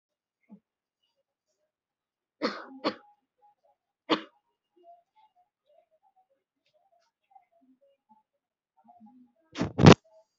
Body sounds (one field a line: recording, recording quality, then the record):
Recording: heavy voluntary cough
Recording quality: excellent, no background noise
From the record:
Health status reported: COVID-19 positive, moderate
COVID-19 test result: positive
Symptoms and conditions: cough, cold, fever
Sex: male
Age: 34 years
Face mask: worn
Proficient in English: no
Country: India